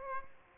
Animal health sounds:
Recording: mosquito wingbeat signal from an infrared sensor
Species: Aedes aegypti

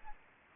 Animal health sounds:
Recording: mosquito wingbeat signal from an infrared sensor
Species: Anopheles gambiae

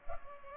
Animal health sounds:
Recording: mosquito wingbeat signal from an infrared sensor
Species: Culex pipiens

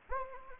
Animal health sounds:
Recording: mosquito wingbeat signal from an infrared sensor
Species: Anopheles gambiae

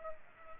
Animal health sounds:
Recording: mosquito wingbeat signal from an infrared sensor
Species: Culex pipiens

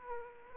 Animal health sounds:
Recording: mosquito wingbeat signal from an infrared sensor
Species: Aedes aegypti

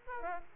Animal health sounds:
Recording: mosquito wingbeat signal from an infrared sensor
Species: Aedes aegypti

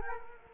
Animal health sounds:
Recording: mosquito wingbeat signal from an infrared sensor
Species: Culex quinquefasciatus

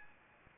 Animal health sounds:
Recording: mosquito wingbeat signal from an infrared sensor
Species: Anopheles arabiensis

